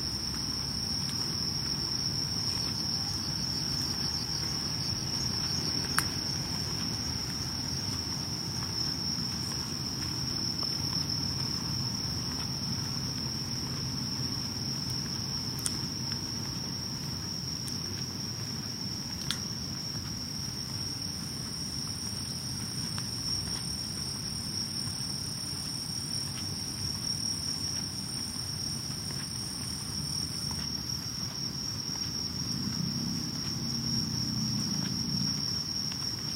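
Insects chirr steadily through a summer night walk, a high constant trill over a low rumbling hum, with a few faint clicks scattered throughout.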